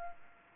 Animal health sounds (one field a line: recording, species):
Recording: mosquito wingbeat signal from an infrared sensor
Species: Anopheles gambiae